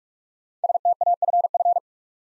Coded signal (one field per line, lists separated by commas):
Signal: Morse code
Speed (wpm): 44 wpm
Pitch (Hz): 700 Hz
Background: none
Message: STAFF